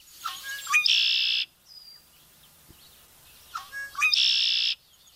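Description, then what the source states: Red-winged blackbird song, two phrases about three seconds apart, each opening with short clicking notes and ending in a harsh buzzy trill. Calling from its perch in the reeds; heard as a sign of summer.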